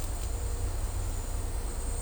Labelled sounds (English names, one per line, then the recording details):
none
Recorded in dense forest near Puerto Asís, Putumayo, Colombia, on 16 December 2024 at 11:00
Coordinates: 0.503, -76.323
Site G043